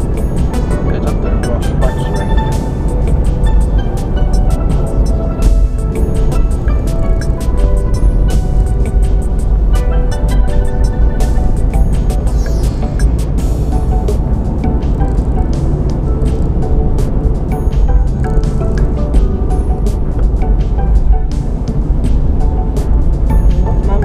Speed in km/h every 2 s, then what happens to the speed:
52, 53, 52, 42, 34, 37, 44, 45, 47, 40, 35, 40.
4-8 brakes to 34. 8-15 speeds up to 47. 15-19 slows to 35.